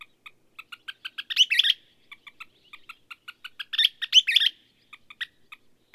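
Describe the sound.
Bird song with quick, evenly spaced clicky notes, twice swelling into loud, jumbled bursts of high twittering chirps before settling back to the clicking rhythm.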